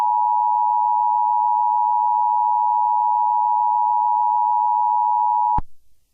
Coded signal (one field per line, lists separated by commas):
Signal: Emergency Alert System (SAME) tones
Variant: 853 and 960 Hz attention tone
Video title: EAS Scenario #10: Sonic.exe. Rampage.